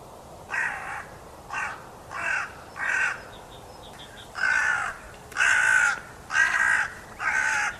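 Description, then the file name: Carrion crow cawing in a steady series of eight rasping calls about one per second, the later ones louder. "Corvus corone"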